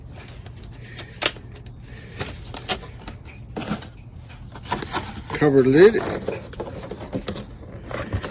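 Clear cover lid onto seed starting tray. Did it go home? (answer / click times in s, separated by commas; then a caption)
yes / 7.3 s. A clear plastic cover lid is pressed onto a seed-starting tray to make a mini greenhouse, and someone talks. Light plastic taps and rustles come before a sharp snap at 7.3 s as the lid seats on the tray.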